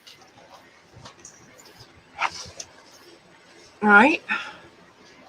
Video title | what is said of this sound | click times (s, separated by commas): Part-2 of decoder Install on a Kato SD90MAC | you just meant to snap right in | 2.6 s